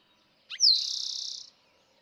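Eastern towhee song, one quick introductory note and a high falling slur followed by a fast, steady trill lasting under a second.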